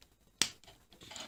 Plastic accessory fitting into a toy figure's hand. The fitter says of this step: And it even clicks into his hand, so it actually, like,